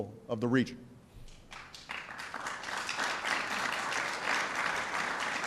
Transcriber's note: applause